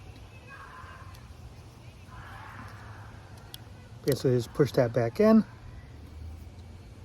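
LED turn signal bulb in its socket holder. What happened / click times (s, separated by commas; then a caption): The part is handled but not yet seated / none. A Lasfit LED turn signal bulb is handled at its socket holder, being lined up on its pins to be pushed back in. Someone talks over faint handling noises, with a brief sharp tick near 3.5 seconds. Nothing has seated or snapped shut yet by the end of the clip.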